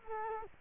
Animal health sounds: mosquito wingbeat signal from an infrared sensor; Culex quinquefasciatus

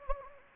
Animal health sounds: mosquito wingbeat signal from an infrared sensor; Anopheles gambiae

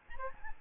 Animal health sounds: mosquito wingbeat signal from an infrared sensor; Aedes albopictus

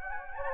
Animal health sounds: mosquito wingbeat signal from an infrared sensor; Anopheles gambiae

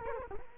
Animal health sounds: mosquito wingbeat signal from an infrared sensor; Culex quinquefasciatus

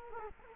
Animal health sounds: mosquito wingbeat signal from an infrared sensor; Culex quinquefasciatus

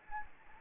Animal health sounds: mosquito wingbeat signal from an infrared sensor; Anopheles gambiae

